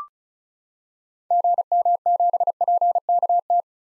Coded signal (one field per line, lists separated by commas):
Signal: Morse code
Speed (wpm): 36 wpm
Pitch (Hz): 700 Hz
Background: none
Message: GM7PKT